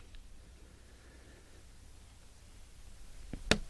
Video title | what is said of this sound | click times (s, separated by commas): Installing Drip Irrigation System for Raised Beds 2 0 | you just make your hole and you pop your emitter in and you'll hear it click just like that | 3.5 s